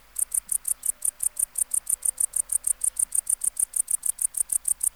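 Tettigonia hispanica bush-cricket song: a steady train of rapid, high, dry, buzzy pulses, continuing evenly throughout.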